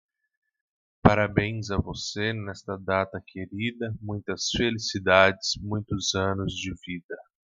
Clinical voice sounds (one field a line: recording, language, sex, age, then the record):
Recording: short text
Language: Brazilian Portuguese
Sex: male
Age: 30 to 39 years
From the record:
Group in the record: control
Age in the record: 30 years